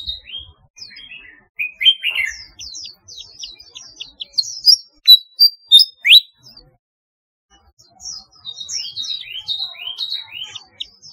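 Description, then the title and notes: Flycatcher song of rapid twittering and clear whistled slurs building to a string of loud repeated notes, a brief silence, then renewed chattering phrases. "Kicau Burung Sikatan"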